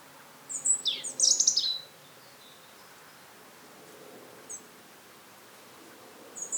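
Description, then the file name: European robin giving one short burst of high, sweet twittering notes, followed by long quiet with a couple of faint high notes. "Erithacus rubecula"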